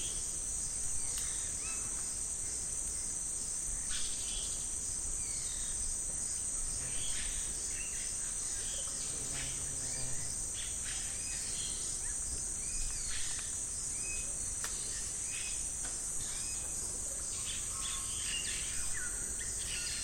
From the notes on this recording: Binaural recording of Rainforest atmosphere (21:05 PM) recorded in Tambopata National Reserve, Perú